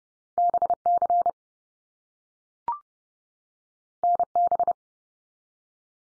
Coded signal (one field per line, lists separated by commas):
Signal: Morse code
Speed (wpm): 30 wpm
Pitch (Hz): 700 Hz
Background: none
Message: BC NB